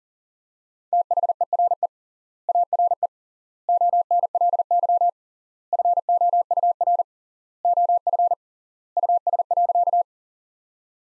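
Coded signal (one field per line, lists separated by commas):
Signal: Morse code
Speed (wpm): 40 wpm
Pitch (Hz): 700 Hz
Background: none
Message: THERE ARE ONLY FOUR OF US.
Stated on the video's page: Practice sentences from top 300 words sent at 40 wpm with three times standard word spacing, a word-level analogue of Farnsworth spacing.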